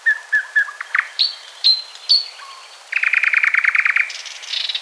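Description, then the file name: Thrush nightingale song: a string of varied notes, clicks and short whistles, then a fast, dry rattling trill of rapid repeated notes, ending in higher chattering phrases. "sprosser"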